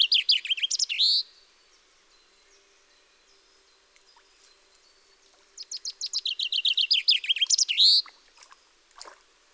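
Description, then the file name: Common chaffinch singing: the tail of one song with its final flourish, a quiet pause, then a full descending trill of rapid notes ending in a sharp flourish. "Fringilla coelebs"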